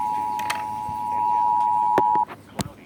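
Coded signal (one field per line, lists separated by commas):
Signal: Emergency Alert System (SAME) tones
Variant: 853 and 960 Hz attention tone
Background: speech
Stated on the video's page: Ohio required monthly test, received from fewer stations than usual, possibly due to delayed activation.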